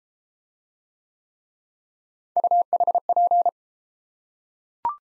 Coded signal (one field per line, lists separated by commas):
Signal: Morse code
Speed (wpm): 30 wpm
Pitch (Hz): 700 Hz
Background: none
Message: UHP